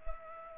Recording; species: mosquito wingbeat signal from an infrared sensor; Culex pipiens